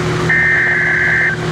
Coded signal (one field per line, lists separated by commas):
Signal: Emergency Alert System (SAME) tones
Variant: header bursts